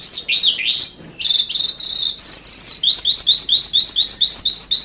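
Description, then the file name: Sanma bird song: dipping high notes, then a brief gap, a sustained steady tone, and a quick series of short rising chirps to the end. "suara burung sanma"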